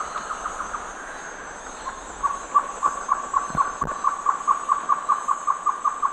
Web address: Natures Songs S America Eastern Lowlands. Taraba major, duet